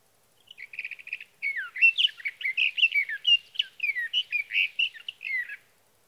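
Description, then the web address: Sage thrasher song: a brief stuttered run of repeated notes, then a sustained rambling warble of slurred, rising and falling phrases. "birdsongforthecurious Sage Thrasher"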